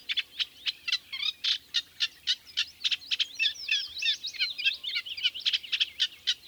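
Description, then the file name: Eurasian reed warbler song, a brisk stream of scratchy notes broken by quick, squeaky slurred phrases. "Kleinekarekiet"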